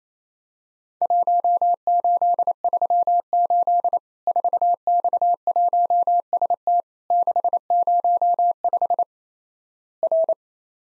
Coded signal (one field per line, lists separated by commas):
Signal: Morse code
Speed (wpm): 28 wpm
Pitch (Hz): 700 Hz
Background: none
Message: 1838 4X1ST 605 R